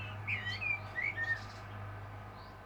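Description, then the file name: Common blackbird giving a few soft whistled, sliding notes over a steady low hum. "Turdus merula"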